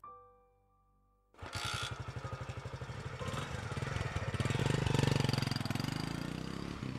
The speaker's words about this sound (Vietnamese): Chiếc xe máy rồ ga phóng đi trên con đường từ thôn duy nhất sang bên thôn Minh Hầm.